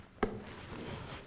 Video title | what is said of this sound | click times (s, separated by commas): Jenx Multiseat - Fitting the waistcoat harness - Jiraffe Knowledge & Know-How | And then lock that cam lock into place. | 0.2 s